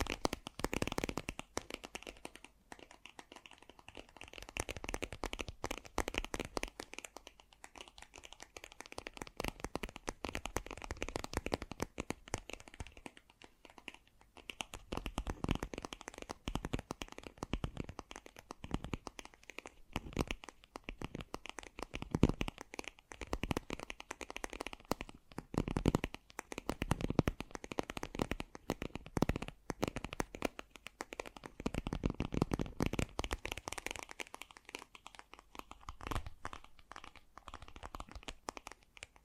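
Fast, gentle tapping runs through the whole clip as a dense patter of quick, light strikes with a dry, papery edge, a bit like shuffled cards. The pace stays steady, with brief thinner pauses around 14 and 34 seconds before the taps pick up again.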